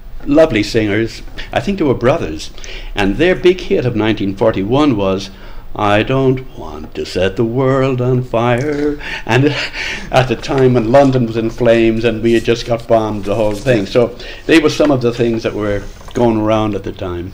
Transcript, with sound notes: lovely singers, I think they were brothers, and their big hit of 1941 was (sings) “I don’t want to set the world on fire” (laughs) and at the time when London was in flames and we had just got bombed and they whole thing, so they were some of the things that were going around at the time.